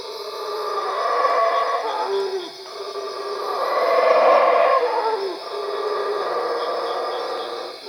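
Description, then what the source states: Howler monkey gives repeated rasping roars that rise and fall in three long surges, with lower falling moans between the peaks. At Cuevas.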